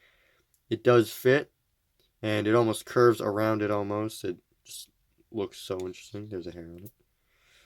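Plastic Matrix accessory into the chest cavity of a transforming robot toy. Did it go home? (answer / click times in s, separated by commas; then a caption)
no / none. A small plastic Matrix accessory is fitted into the chest cavity of a Bumblebee transforming-robot toy while someone talks throughout. Only faint handling sounds come through, with no click heard, and the piece has not clicked into place and sits loose.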